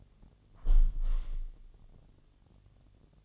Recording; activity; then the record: daily activity, microphone in the room; close window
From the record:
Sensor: 4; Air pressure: 1015.8 hPa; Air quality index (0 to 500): 123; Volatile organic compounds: 3 ppm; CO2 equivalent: 1384 ppm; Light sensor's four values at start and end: 9/20/8/7 and 9/20/8/7